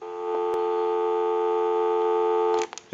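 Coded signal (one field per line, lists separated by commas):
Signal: telephone call progress tone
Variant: North America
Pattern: dial tone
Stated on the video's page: Call progress tone on a Bellsouth Trimline telephone during initial checkout and repair.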